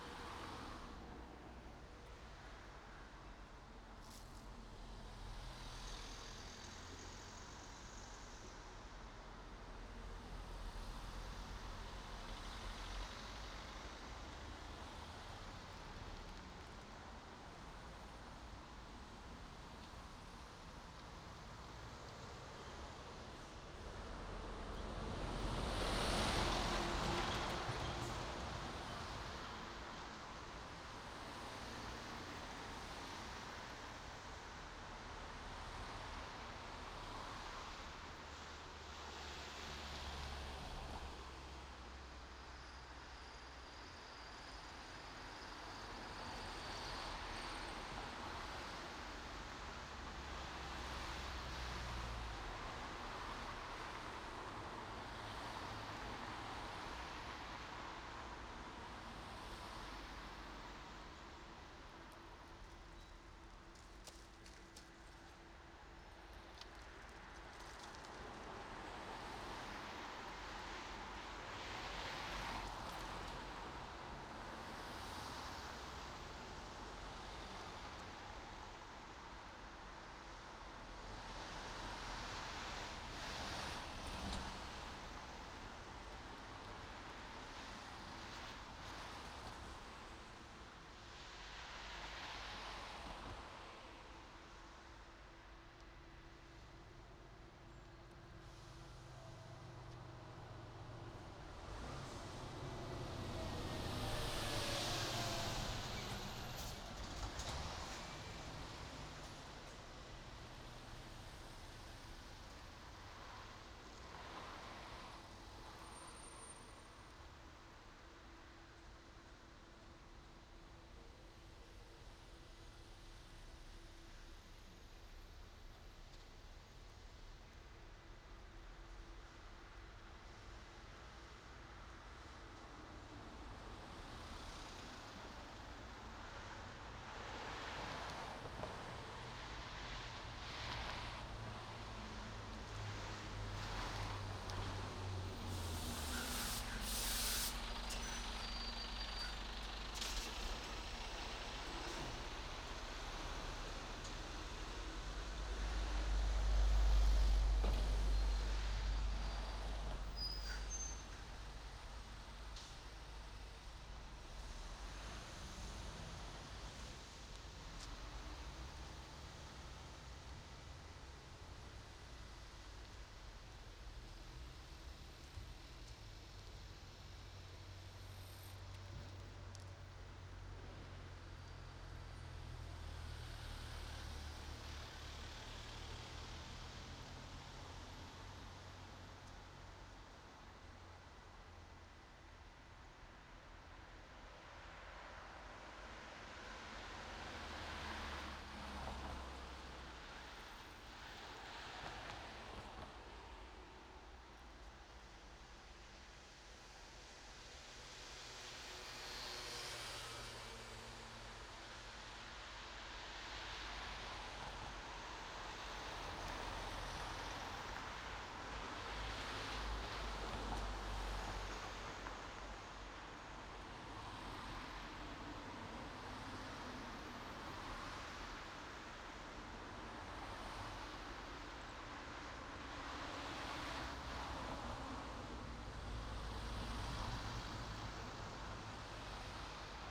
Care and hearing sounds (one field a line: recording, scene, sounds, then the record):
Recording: everyday scene through a hearing-aid microphone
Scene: in traffic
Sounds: traffic, machine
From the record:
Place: main road on the outskirts, rush hour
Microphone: in the ear canal, right